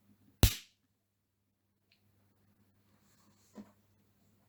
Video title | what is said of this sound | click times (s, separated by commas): HOW TO SET UP A CAMERA FOR MOTO VLOGGING | You put it inside, you hear it click, and that's it. | 0.4 s